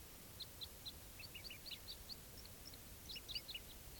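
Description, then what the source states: Crossbill flight calls, short sharp chips in scattered pairs and clusters from several birds over steady background hiss. Wild flock flying over from one grove to another without stopping; quite a few crossbills present.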